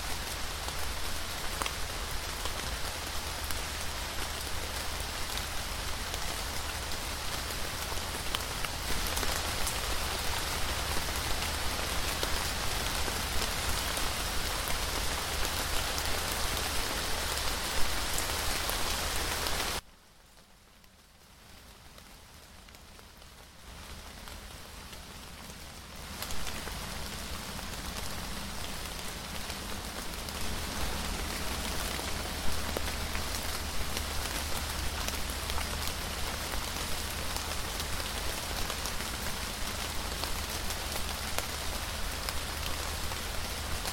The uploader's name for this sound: A Symphony of Raindrops in Nature's Orchestra